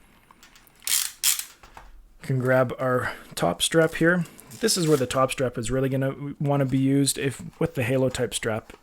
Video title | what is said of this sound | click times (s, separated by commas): KKCOBVR Q3U Head Strap Review - 3 Fan Cooling System! - Meta Quest 3 and 3S | Again, I always just line up the back, move the pressure towards the front, and they snap into place. | 0.9 s, 1.4 s